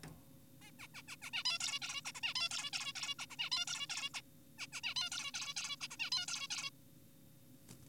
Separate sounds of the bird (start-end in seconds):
0.62-0.71, 0.79-0.88, 0.94-1.02, 1.08-1.16, 1.22-1.31, 1.34-1.44, 1.45-1.59, 1.60-1.80, 1.82-2.01, 2.05-2.12, 2.15-2.21, 2.23-2.34, 2.36-2.49, 2.51-2.71, 2.73-2.93, 2.96-3.15, 3.19-3.26, 3.30-3.36, 3.39-3.50, 3.52-3.65, 3.68-3.87, 3.90-4.10, 4.14-4.21, 4.58-4.67, 4.73-4.81, 4.84-4.94, 4.96-5.10, 5.12-5.32, 5.34-5.54, 5.56-5.76, 5.81-5.88, 5.91-5.97, 6.00-6.10, 6.12-6.26, 6.28-6.48, 6.50-6.70